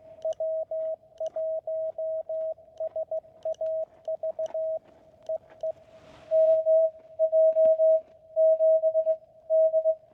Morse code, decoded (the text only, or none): W1SAV EE MJ 7 D